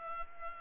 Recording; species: mosquito wingbeat signal from an infrared sensor; Culex pipiens